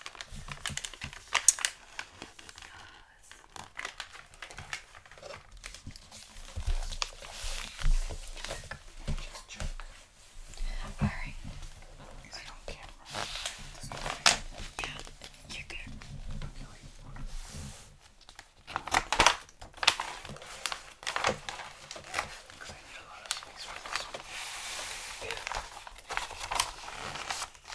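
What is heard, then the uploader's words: Gift wrapping with dense, irregular paper crinkling and crisp rustles throughout, sharp bursts near seconds 7, 19 and 26, and brief quiet gaps. Xmas Gift Wrapping Intense Crinkle, Tape, Scissors Sounds.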